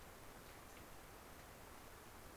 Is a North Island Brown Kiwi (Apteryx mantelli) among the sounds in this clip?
no